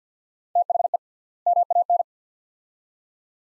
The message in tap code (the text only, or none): none